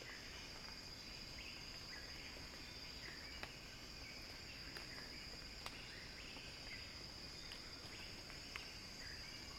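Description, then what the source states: Cicada sound, an even high drone lasting the whole stretch, with faint chirps in the background and a few isolated clicks. Cicada song building as a crescendo.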